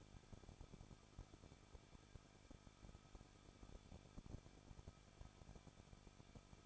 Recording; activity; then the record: daily activity, microphone in the room; no activity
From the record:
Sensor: 5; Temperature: 20.9 degrees Celsius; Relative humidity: 38.1%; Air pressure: 1006.5 hPa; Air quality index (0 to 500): 187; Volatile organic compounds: 18 ppm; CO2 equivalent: 2628 ppm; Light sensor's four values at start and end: 2/3/1/1 and 2/3/1/1